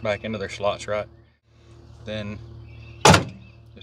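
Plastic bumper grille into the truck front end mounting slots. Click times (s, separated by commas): 3.0 s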